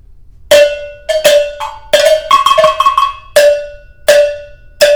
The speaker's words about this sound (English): and then I added this because it makes the music very nice, right? So as we are playing, even with the bells, it still sounds good.